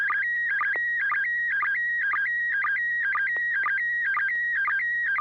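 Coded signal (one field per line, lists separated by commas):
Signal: SSTV (slow-scan television)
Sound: warbling tone hopping between two pitches, broken by regular short low blips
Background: low hum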